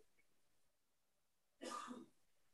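A single short, harsh cough from an adult, heard at a distance in a quiet room.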